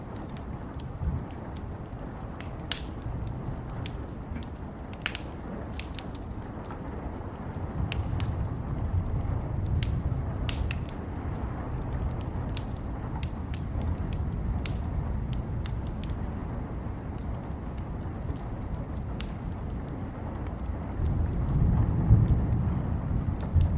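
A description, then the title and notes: Steady rain hisses throughout, with a deep rumble of thunder swelling around 8–12 seconds and again near 21–23 seconds. Sharp, bright pops and crackles, like a fireplace, scatter across the whole clip at irregular intervals, often several per second. Rain & Thunderstorm Sounds ¦ Crackling Fireplace.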